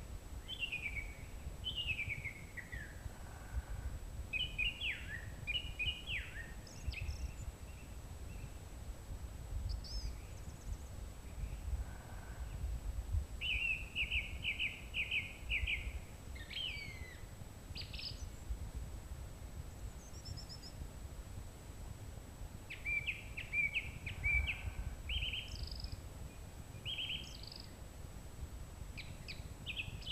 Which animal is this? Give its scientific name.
Turdus philomelos